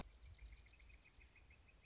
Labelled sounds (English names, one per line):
Northern Flicker